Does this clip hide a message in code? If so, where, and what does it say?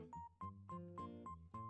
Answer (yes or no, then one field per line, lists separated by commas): no